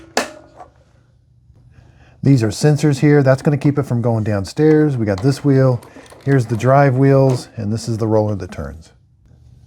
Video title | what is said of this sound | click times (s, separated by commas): Uboxing & Setup WiFi Shark IQ 2-in-1 Robot Vacuum Matrix Mop RV2402WD Walmart Black Friday $188 | and then you're simply going to push these down until it snaps into place | 0.2 s